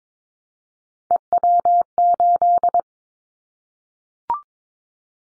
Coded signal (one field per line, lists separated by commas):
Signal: Morse code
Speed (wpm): 22 wpm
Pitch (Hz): 700 Hz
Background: none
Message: EW8